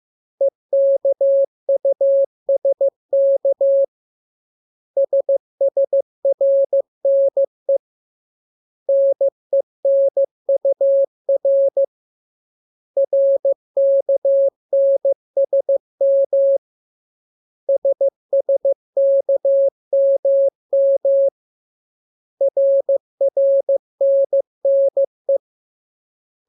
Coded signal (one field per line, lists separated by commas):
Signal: Morse code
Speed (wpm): 15 wpm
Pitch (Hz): 550 Hz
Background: none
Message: EKUSK SSRNE NENUR RKNSM SSKMM RRNNE